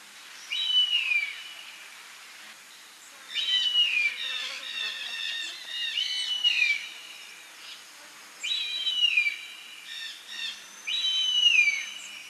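Bird song: five high, descending whistled phrases, each trailed by quick chattering notes, spaced a couple of seconds apart.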